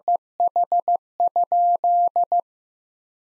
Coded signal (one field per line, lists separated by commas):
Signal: Morse code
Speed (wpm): 16 wpm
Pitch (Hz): 700 Hz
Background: none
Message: EH?